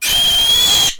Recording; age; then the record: pig call; piglet (1 to 25 days)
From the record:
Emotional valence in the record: negative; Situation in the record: restrain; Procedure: sham castration, cut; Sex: male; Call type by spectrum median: high-frequency call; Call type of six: high-frequency modulated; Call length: 0.99 s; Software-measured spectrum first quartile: 3136 Hz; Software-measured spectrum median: 3875 Hz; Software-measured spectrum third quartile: 7488 Hz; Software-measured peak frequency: 3293 Hz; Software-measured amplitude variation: 57 dB a second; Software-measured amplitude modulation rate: 23.7 a second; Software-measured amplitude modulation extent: 2.4 dB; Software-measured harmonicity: 7.6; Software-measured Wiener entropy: -2.43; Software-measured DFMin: 804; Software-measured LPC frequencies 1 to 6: 847, 3263, 5480, 6455, 7529, 8718 Hz